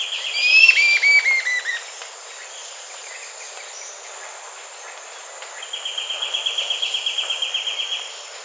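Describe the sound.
Bird calling with a quick run of whistled notes, each sliding downward, then quiet, then a fast regular pulsing series over a constant high buzz.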